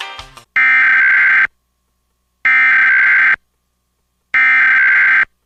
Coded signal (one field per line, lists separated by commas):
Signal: Emergency Alert System (SAME) tones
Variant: header bursts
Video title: EAS Mock: Another Michigan EAS Test (Requested)